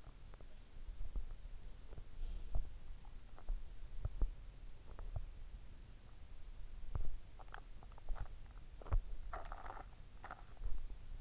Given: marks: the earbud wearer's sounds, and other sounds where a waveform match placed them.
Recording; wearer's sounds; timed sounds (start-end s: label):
sounds in sleep by an in-ear microphone; teeth grinding
0.00-5.47 s: teeth grinding
1.88-2.77 s: sound from someone else or the room
6.85-11.21 s: teeth grinding